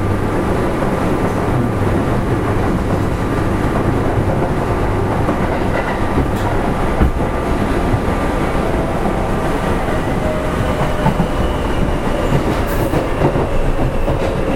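A 7000 series train runs steadily, its low rumble dense and unbroken from start to finish. A faint, constant tone hums above the roar, with occasional light clicks and thumps from the wheels, and a brief brighter squeal near twelve seconds.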